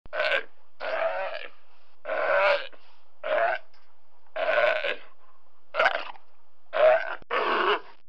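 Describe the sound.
Sea lion giving hoarse, grunting barks at an uneven pace, some short and clipped, others drawn out, with brief pauses between.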